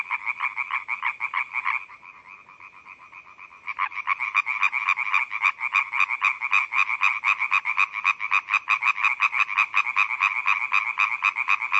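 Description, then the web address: European tree frog giving fast rasping croaks that drop to a quieter pulsing for about two seconds, then resume loud and rapid until the end. "Laubfrosch"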